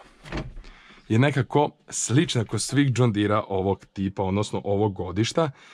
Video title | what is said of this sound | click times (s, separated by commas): Top USA John Deere 7810 overview (ENG subtitle). One of the best John deere tractor which we have. | in all deers when you press this buttom on door, you will hear this "click" sound. | 0.3 s